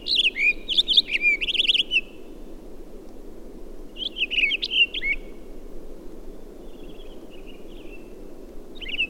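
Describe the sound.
Townsend's solitaire giving short bursts of quick, sweet warbled notes, several brief phrases separated by longer quiet gaps, over a low background hiss.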